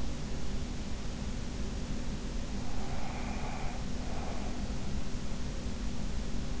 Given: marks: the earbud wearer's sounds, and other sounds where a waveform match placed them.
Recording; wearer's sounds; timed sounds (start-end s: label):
sounds in sleep by an in-ear microphone; breath
2.55-4.84 s: breath